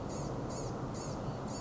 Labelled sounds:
Blue-gray Gnatcatcher
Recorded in Sonoma County, California

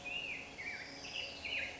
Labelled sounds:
Black-headed Grosbeak
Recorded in Sonoma County, California

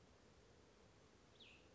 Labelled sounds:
Cassin's Vireo
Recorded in Sonoma County, California

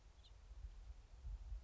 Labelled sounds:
House Finch
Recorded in Sonoma County, California

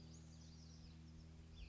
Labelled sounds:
Western Flycatcher
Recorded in Sonoma County, California

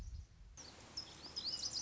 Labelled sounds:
Lazuli Bunting
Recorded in Sonoma County, California

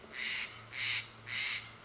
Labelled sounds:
Steller's Jay
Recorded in Sonoma County, California

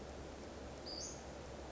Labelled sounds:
Western Flycatcher
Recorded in Sonoma County, California

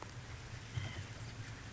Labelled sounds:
White-breasted Nuthatch
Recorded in Sonoma County, California

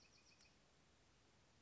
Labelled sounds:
Bewick's Wren
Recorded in Sonoma County, California

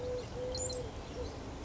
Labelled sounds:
Eurasian Collared Dove
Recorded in Sonoma County, California

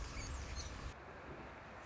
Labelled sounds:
Anna's Hummingbird
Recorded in Sonoma County, California

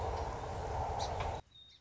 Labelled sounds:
Song Sparrow
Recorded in Sonoma County, California

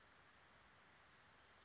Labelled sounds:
Western Flycatcher
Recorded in Sonoma County, California

